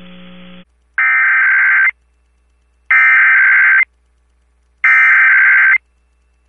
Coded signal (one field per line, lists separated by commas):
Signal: Emergency Alert System (SAME) tones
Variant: header bursts